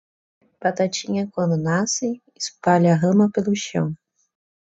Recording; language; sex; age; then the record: short text; Brazilian Portuguese; female; 20 to 29 years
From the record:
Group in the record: control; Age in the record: 27 years